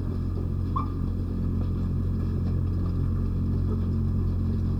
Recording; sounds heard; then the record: poultry house recording; sick chickens (respiratory disease)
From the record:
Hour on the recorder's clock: 3